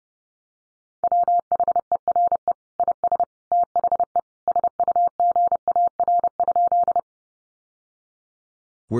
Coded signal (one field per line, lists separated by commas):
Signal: Morse code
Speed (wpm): 28 wpm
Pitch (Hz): 700 Hz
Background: none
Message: WHERE IS THE SUGAR?